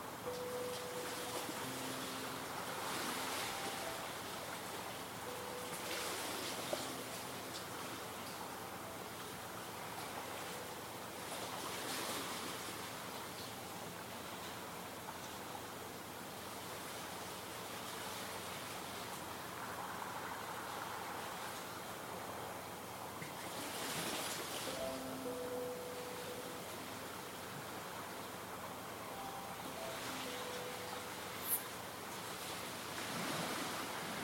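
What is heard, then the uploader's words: Light waves wash in as a steady, dense hiss that barely changes in level across the whole stretch. Brighter surges rise every several seconds, near 3, 12, 24 and 31 seconds. Faint tonal streaks, like a distant hum, sit low in the background. Visit the light waves of Calm Waters one last time. All of season two was recorded near its rocky shores.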